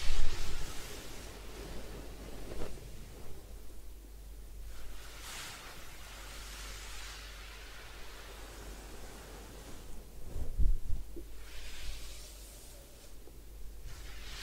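A head spa hair wash with soft rustling and rubbing sounds, louder bursts near the start and around ten to eleven seconds, and quieter stretches between.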